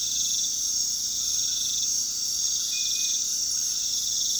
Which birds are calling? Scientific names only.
none